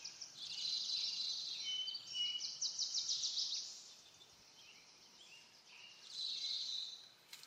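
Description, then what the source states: Birds twittering and trilling in two main bursts, early and near the end, with quieter scattered chirps between, steady background hiss. Birds in a backyard; ambient nature sounds.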